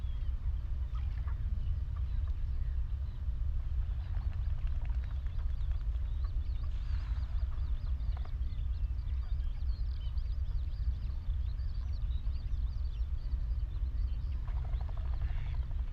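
A steady low rumble fills the whole recording, like a distant engine, while bird calls thread faintly above it. Short, scattered calls from birds such as lapwings, redshank, geese and ducks come and go, with small clusters around seven and fifteen seconds.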